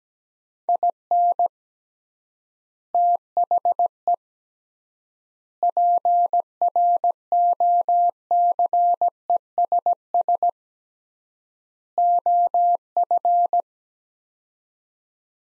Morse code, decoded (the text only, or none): IN THE PROCESS OF